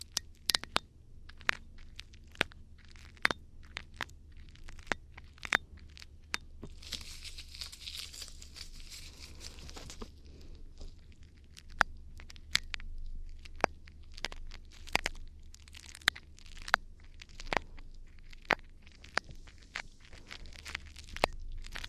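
Ear cleaning ASMR sounds: sharp, crackly clicks and taps land irregularly, several per second, over a low steady hum. From about 6 to 10 seconds a soft, bright scratchy rustle fills in between the clicks, then fades as the sparse tapping continues.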